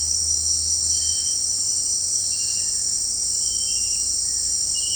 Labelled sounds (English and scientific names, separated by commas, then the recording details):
none
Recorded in secondary vegetation near Puerto Asís, Putumayo, Colombia, on 21 March 2025 at 17:30
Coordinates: 0.502, -76.326
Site G100